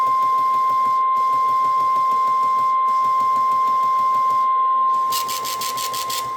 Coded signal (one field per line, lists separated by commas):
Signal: Emergency Alert System (SAME) tones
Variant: 1050 Hz attention tone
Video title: The Rest of June's Tests (New EAS 1,095-1,100)